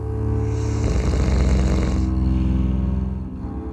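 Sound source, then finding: Sleeper. Snoring.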